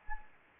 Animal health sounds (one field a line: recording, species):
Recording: mosquito wingbeat signal from an infrared sensor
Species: Anopheles arabiensis